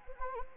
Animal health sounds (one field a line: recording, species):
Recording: mosquito wingbeat signal from an infrared sensor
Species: Anopheles arabiensis